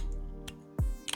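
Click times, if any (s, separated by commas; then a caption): none. Someone handles the heavy, sturdy cap of a French Avenue Amber Empire fragrance bottle and works it toward the bottle neck over a steady tonal background, with a faint tick near 0.5 s and a low thump near 0.8 s. Sharp ticks follow near 1.1 s, and the last one is the loudest and decays fastest. The cap has not clicked or seated onto the bottle yet.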